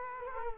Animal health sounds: mosquito wingbeat signal from an infrared sensor; Culex quinquefasciatus

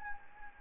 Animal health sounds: mosquito wingbeat signal from an infrared sensor; Anopheles gambiae

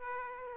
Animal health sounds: mosquito wingbeat signal from an infrared sensor; Aedes aegypti

